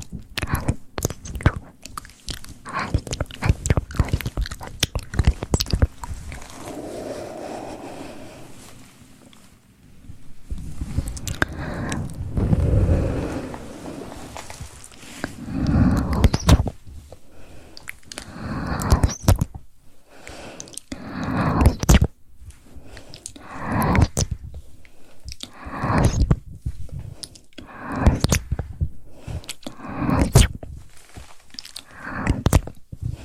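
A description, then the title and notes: Wet mouth sounds and sharp taps come in quick bursts, with crunchy, chewing-like clicks through the first ten seconds. Between 10 and 17 seconds, muffled, swirling rubbing and mic pumping swell in the lows. After that, regular gripping taps and mouth noises alternate with brief silences. ASMR mouth sounds + mic pumping, swirling, tapping, and gripping.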